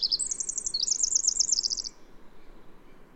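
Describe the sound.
Bird song: two rapid, high, rippling trills of repeated notes in about the first two seconds, the second slightly lower, then near quiet with faint background hiss.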